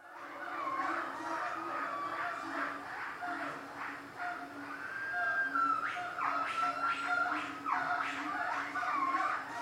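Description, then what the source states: Monkeys call in rising and falling whoops, loosely repeated and growing busier after the midpoint, with a constant tonal drone and low hum underneath. Several monkeys at a zoo.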